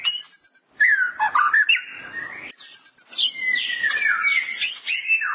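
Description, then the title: Magpie-robin or shama song: long high whistles alternating with lower warbled phrases and rapid bursts, then sweeping slurred notes. "Suara Burung Murai"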